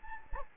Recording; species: mosquito wingbeat signal from an infrared sensor; Anopheles gambiae